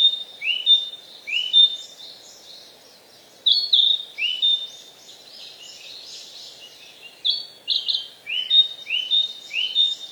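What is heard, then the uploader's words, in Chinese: Birds sing in a mountain valley at dawn, their bright chirps and quick repeated phrases layering over one another. Bursts of song come at the start, around four seconds, and again near the end, with quieter twittering between and a faint low hum underneath. 听听清晨山谷里的百鸟争鸣。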